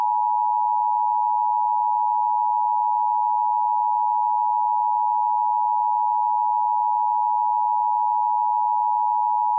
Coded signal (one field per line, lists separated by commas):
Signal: Emergency Alert System (SAME) tones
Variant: 853 and 960 Hz attention tone